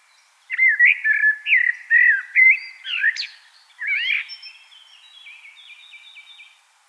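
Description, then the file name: Common blackbird song, a rich run of mellow whistled notes dipping and rising, followed by a softer squeaky, scratchy twitter that fades out. "Turdus merula"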